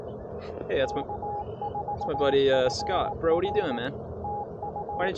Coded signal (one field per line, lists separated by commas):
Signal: Morse code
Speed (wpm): 18 wpm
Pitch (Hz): 820 Hz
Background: speech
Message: K4FR TU